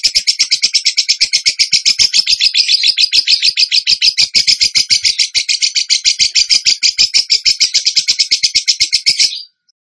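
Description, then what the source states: Bird song: one long, unbroken, high-pitched trill of rapidly repeated chattering notes, steady for about nine seconds before stopping abruptly. Training recording (masteran) of a bird singing in the tembakan gacor style.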